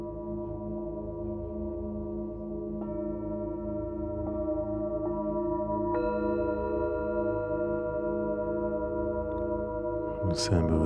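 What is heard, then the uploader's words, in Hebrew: Tibetan singing bowls ring in a dense, sustained drone, layered tones humming and beating steadily. New strikes add brighter tones near 3, 4, 5 and 6 seconds, building the sound slightly louder. Near the end, around 10 seconds, a sharp metallic clash breaks in. קערות טיבטיות.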